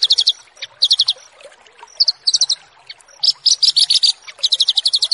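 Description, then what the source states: Australasian bushlark song: quick clusters of sharp high chirps repeated in short rhythmic bursts, pausing briefly between groups. Branjangan song used as a luxury tutoring recording (masteran mewah) for training kept birds.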